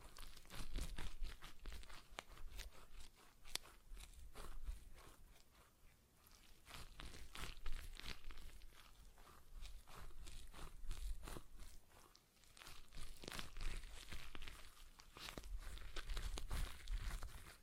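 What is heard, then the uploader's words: A stress ball is squeezed over and over, making crackly crunching bursts that come in uneven waves with brief quieter pauses. ASMR Relaxing Stress Ball Sounds (No Talking).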